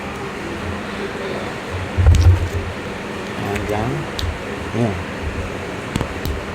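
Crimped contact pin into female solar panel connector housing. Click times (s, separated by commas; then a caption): 2.2 s. A crimped metal contact pin is pushed into a plastic female MC4 solar panel connector housing with the mic held close, giving a sharp click at 2.2 s as the pin seats. Someone talks throughout, over a low steady hum, and a few fainter ticks follow later.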